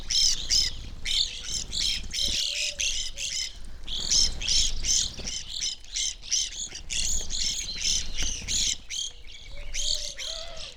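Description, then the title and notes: Evening grosbeaks giving rapid, rough chirping calls in a busy flock, bursts separated by brief gaps, with a soft low squeaky tone now and then. Flock feeding on sunflower seeds from a feeder hanging in a birch tree, backyard in McCloud, Siskiyou County, California; relatively warm winter morning; microphones placed on either side of the tree trunk. "I recorded this at my home in the small town of McCloud in Siskiyou County, California. It was a relatively warm winter morning, and a flock of Evening Grosbeaks was busily eating a breakfast of sunflower seeds from a feeder hanging from the branch of a birch tree in my backyard."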